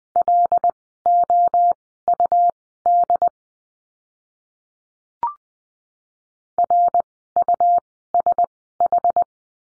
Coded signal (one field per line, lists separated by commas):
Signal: Morse code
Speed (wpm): 20 wpm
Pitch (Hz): 700 Hz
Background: none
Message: LOUD RUSH